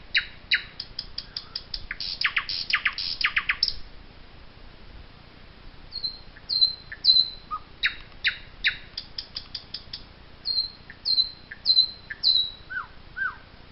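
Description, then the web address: Common nightingale song: a fast volley of loud repeated notes, a short pause, then high thin whistles and scattered sliding notes. "chants doiseaux chant du rossignol"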